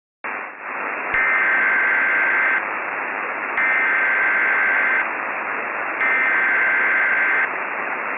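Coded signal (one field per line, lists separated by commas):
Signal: Emergency Alert System (SAME) tones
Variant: header bursts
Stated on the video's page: Fictional EAS scenario set in 2050, a weather and natural-disaster movie.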